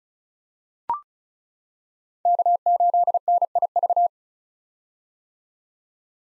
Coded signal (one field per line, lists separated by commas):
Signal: Morse code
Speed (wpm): 36 wpm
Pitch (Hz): 700 Hz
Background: none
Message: K8NIV